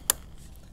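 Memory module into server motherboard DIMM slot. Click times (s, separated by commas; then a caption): 0.1 s. A server memory module (DIMM) is pressed down into its slot on an HP ProLiant DL385p Gen8 server motherboard, and a single sharp click is heard at 0.1 s as the retention tab snaps shut. The rest of the clip is quiet. The module is fully seated, with the tab popped into the notch on the module.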